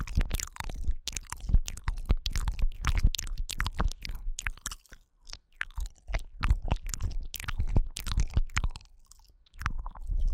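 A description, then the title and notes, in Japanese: Wet mouth sounds: rapid clicks, smacks and tongue pops come in dense, irregular bursts, with a few soft low gurgles underneath. The flurries pause briefly around five and nine seconds, then start again just as busily. 台灣ASMR。口腔音 | NO Talking。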